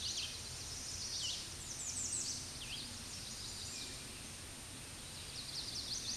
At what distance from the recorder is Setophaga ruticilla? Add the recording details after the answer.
about 35 m. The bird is about 10 m above the microphone. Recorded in a Pennsylvania forest on 16 May 2024 at 07:05. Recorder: AudioMoth, point MSD-2367. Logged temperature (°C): 16.0 °C. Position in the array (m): 104 m, 234 m